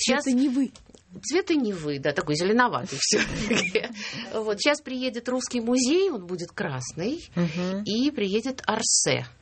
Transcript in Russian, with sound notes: Цвета Невы!
Цвета Невы, да. Такой зеленоватый все-таки. (смех) Сейчас приедет «Русский музей» – он будет красный. И приедет «Орсе»…